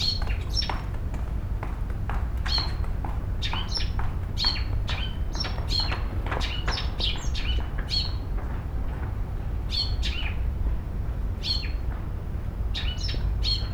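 Bird chirping almost without pause, quick high clipped notes in bursts every second or so, set against a constant low-pitched rumble.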